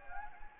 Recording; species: mosquito wingbeat signal from an infrared sensor; Anopheles gambiae